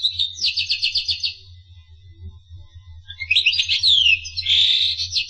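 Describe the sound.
Finch song: a fast series of high chirped notes, then a pause and a second burst of rapid twittering and sweeping trills, over a faint low hum.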